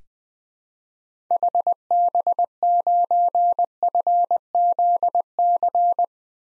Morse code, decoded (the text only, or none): HB9FZC